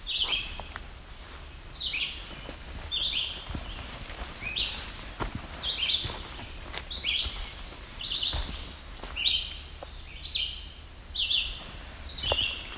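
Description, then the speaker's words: Yellow-bellied sapsucker giving squeaky, slurred mewing calls, each dropping in pitch, repeated about once a second, with a few clicks. A squeaky call likened to a rubber toy or squeegee toy. "Sounds kind of like a rubber toy. That is yellow-bellied sapsucker."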